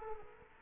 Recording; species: mosquito wingbeat signal from an infrared sensor; Culex quinquefasciatus